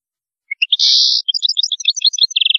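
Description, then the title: European goldfinch song: a rapid twittering run of tinkling high notes with a long buzzy note early on, ending in a fast, even trill. "Chant Chardonneret"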